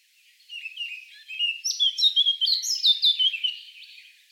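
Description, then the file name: Eurasian blackcap singing a quick, scratchy warbled phrase that builds in loudness into a run of bright notes, then fades. "Sylvia atricapilla"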